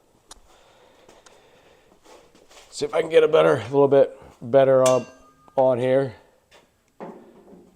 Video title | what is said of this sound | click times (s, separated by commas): Learning How To Bore an Engine With a Van Norman 777s… Quite the Boring Day! #engine | and locks it into place | 0.3 s